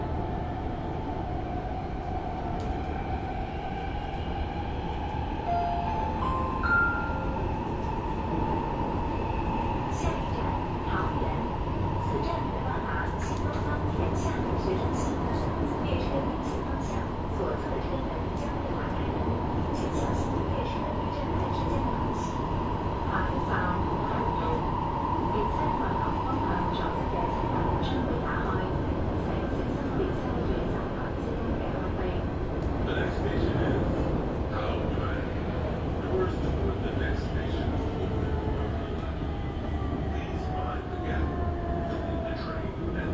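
A steady, dense roar fills a Shenzhen metro carriage with its air conditioning running hard, a low rumble that barely changes in level. A sustained whining tone rises slightly and holds until about 28 seconds, then drops away, while scattered voices murmur underneath.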